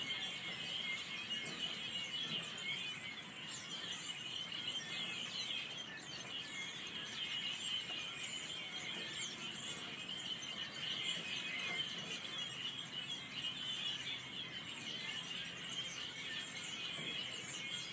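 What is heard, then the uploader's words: Birds chitter and chatter constantly, a dense overlapping chorus of bright calls and quick squeaky notes with no pause. The level stays even throughout, over a soft wet outdoor hiss. Birds After the Rain. The December sunshine warming up your skin, the chitter-chatter of the ecstatic birds, but wait, what's that sound in the background?!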